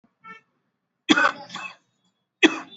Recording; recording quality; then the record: heavy voluntary cough; excellent, no background noise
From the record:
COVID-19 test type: RT-PCR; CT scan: not taken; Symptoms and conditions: cough, cold, fever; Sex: male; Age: 31 years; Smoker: no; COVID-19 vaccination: both doses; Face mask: worn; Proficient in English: yes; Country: India